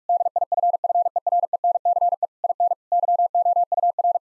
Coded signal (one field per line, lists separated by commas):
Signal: Morse code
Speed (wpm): 48 wpm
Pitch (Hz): 700 Hz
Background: none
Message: DIFFERENCE IN YOUR